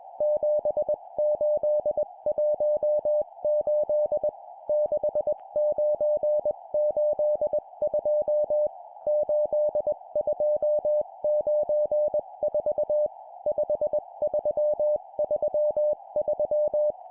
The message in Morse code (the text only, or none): 7818 6982 8294 5333